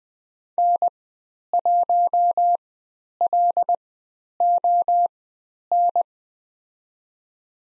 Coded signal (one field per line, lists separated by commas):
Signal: Morse code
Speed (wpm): 20 wpm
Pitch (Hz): 700 Hz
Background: none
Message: N1LON